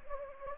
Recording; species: mosquito wingbeat signal from an infrared sensor; Anopheles gambiae